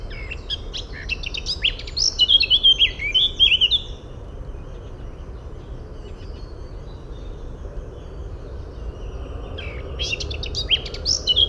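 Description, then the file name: Eurasian blackcap song: a rich, fast warbling phrase of varied high notes lasting about four seconds, then a second phrase beginning near the end, over low steady background rumble. "Sylvia atricapilla"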